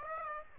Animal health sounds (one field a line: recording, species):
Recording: mosquito wingbeat signal from an infrared sensor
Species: Aedes aegypti